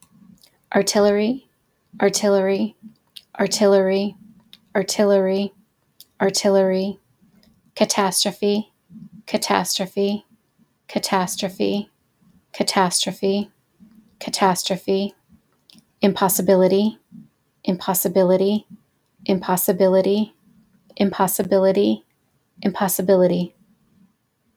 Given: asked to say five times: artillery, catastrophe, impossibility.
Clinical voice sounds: three words, each repeated; female; 40 to 49 years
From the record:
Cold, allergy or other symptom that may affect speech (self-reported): no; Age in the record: 41 years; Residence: Massachusetts, United States

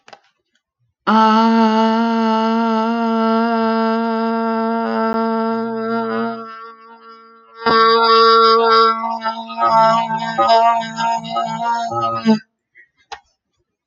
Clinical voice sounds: vowel held as long as possible; female; 30 to 39 years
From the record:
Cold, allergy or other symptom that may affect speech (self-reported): no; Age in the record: 35 years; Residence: California, United States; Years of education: 16

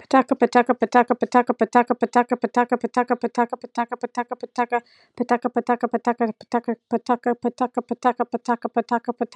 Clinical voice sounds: repeated syllables /pa ta ka/; female; 30 to 39 years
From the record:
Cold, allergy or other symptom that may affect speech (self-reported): no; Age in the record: 36 years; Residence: Tennessee, United States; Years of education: 19

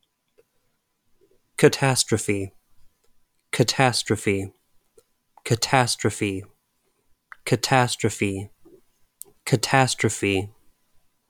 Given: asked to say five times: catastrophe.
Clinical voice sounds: repeated word; male; 30 to 39 years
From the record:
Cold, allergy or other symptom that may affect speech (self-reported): no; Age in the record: 31 years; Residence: Texas, United States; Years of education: 14

